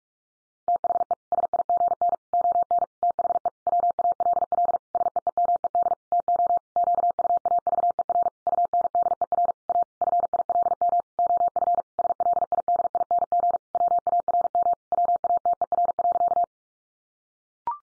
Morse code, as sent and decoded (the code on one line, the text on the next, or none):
- .... . / ... .. --. -. / --- -. / - .... . / .-- .- .-.. .-.. / ... . . -- . -.. / - --- / --.- ..- .- ...- . .-. / ..- -. -.. . .-. / .- / ..-. .. .-.. -- / --- ..-. / ... .-.. .. -.. .. -. --. / .-- .- .-. -- / .-- .- - . .-. .-.-.-
THE SIGN ON THE WALL SEEMED TO QUAVER UNDER A FILM OF SLIDING WARM WATER.